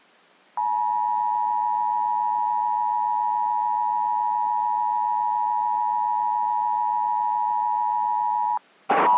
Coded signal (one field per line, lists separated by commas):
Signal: Emergency Alert System (SAME) tones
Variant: 853 and 960 Hz attention tone